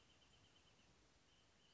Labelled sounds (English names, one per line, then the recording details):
Wrentit
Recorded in Sonoma County, California